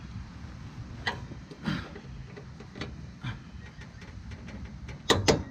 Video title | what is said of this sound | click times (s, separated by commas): John Deere 1025R Mower Blade Replacement: 3 Methods | it's on there wait for me to hear the click | 5.1 s, 5.3 s